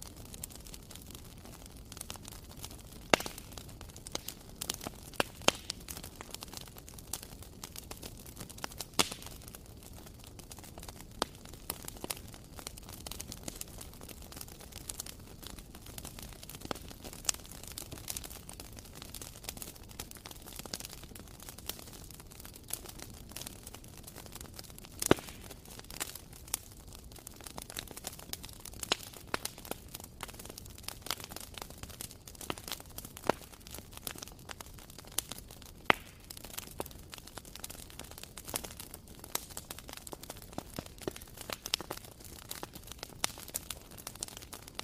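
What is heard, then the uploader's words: A fire crackles steadily for the whole stretch, with a soft, even hiss of flames underneath. Sharp pops and snaps land irregularly, several every second, some louder ones standing out. The sound is unchanging, with nothing else in the background. Fireplace Sounds - Cozy Crackling Fire Sounds.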